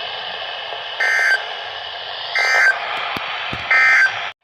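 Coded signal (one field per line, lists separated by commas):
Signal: Emergency Alert System (SAME) tones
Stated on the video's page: Severe thunderstorm warnings and a special marine warning received on a radio.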